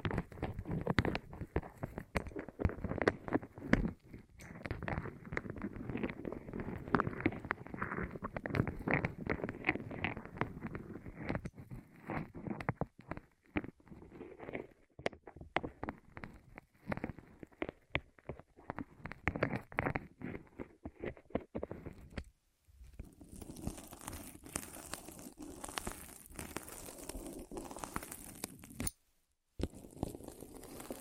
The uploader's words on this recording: ASMR Rolling On Your Ears (No Talking).